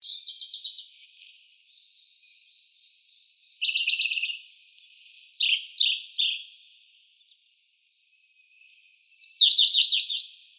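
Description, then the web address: Siberian blue robin song: thin high introductory notes followed by fast, dry, stuttering trills, in phrases separated by short pauses; no other clear sounds. Recorded on 28 April 2015. "birdenaga koruri"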